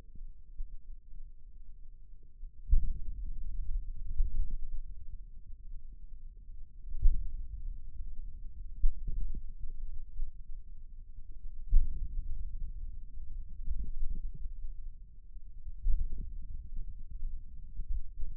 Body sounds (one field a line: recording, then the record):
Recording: forearm muscle sounds (acoustic myography)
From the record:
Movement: hand opening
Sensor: system 2, bracelet of six BSWA MPA416 microphones around the upper forearm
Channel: 4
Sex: male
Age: 22 years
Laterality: right